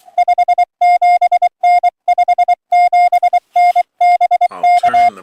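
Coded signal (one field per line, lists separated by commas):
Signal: Morse code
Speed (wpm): 23 wpm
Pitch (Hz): 710 Hz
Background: music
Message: 57N 57N BK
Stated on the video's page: Parks on the Air (POTA) hunting, Sunday morning.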